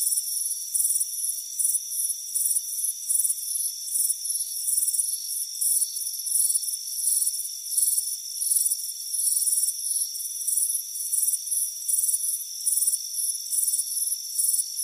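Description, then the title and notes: Shrill cricket chirps repeat in short bursts over a constant high insect whine. "Soothing Crickets Chirping Sound. It's a warm afternoon as you relax in a hammock on the front porch. Deep Sleep Sounds"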